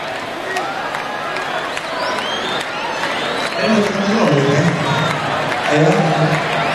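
A crowd claps steadily in a dense, continuous wash of applause, with shouts and cheers rising over it in the second half and growing louder toward the end.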